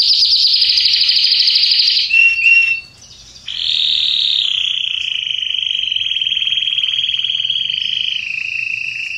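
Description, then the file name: Canary song opening with a high rattling trill, a brief pause, then a long even rolling trill that drops slightly in pitch. Red Belgian canary singing. "canto do canario belga vermelho"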